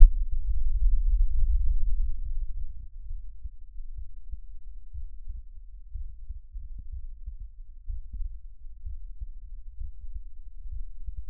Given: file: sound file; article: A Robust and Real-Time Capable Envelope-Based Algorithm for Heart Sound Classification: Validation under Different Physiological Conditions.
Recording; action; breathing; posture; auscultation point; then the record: heart sounds by electronic stethoscope; rest; normal; lying on right side; Erb’s point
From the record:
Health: healthy, no known heart disease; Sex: male